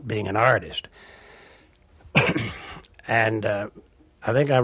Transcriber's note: soundbite of clearing voice